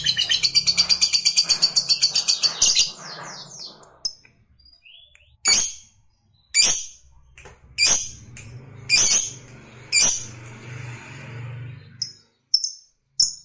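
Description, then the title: Lovebird chattering song: a three-second shrill rapid trill followed by scattered sharp, piercing chirps over a faint low hum. Fighter lovebird singing energetically (gacor). "SUARA Lovebird FIGHTER GACOR"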